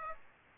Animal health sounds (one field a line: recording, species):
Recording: mosquito wingbeat signal from an infrared sensor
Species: Aedes aegypti